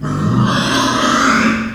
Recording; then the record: squeal of a Yucatan mini pig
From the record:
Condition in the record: after surgery on the right vocal fold (resection and tissue-engineered implant); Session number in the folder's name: 12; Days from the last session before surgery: 105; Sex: female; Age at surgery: 19 weeks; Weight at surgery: 25 kg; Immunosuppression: prednisolone